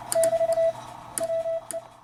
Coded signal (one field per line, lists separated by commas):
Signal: Morse code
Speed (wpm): 29 wpm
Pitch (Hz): 660 Hz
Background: none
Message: <BT> WE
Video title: My Life in Ham Radio